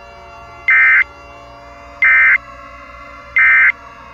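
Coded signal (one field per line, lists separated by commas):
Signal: Emergency Alert System (SAME) tones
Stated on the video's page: Simulated EAS scenario, fictional.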